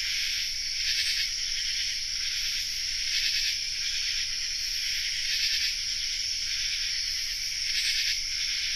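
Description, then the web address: Common true katydids calling together, a thick high-pitched rasping wall with louder pulse bursts. Chorus; North America. "Songs of Insects. Common True Katydid chorus"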